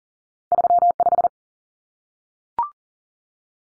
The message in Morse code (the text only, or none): 35